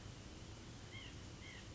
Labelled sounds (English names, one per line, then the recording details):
White-breasted Nuthatch
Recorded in Sonoma County, California